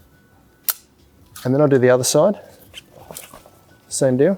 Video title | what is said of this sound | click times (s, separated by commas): Darche Revolver Chair | so if I pull this out the first bottom section until it locks into place | 0.7 s